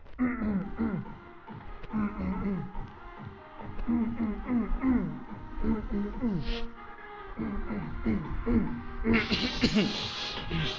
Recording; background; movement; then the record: throat clearing; music; walking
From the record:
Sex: male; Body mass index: 21.0 kg/m2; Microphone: on the chest, facing the body